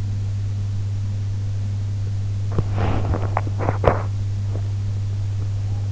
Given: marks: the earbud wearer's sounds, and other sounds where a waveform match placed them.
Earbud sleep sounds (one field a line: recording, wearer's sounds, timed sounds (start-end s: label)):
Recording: sounds in sleep by an in-ear microphone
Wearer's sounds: teeth grinding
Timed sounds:
2.51-4.15 s: teeth grinding